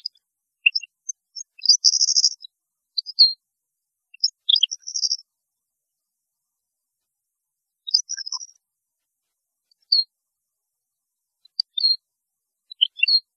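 European goldfinch song in short, scattered snatches of high twittering notes and brief buzzes, separated by pauses; otherwise quiet.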